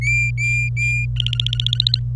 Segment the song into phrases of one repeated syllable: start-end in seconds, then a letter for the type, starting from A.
0.01-1.06 A, 1.16-2.00 B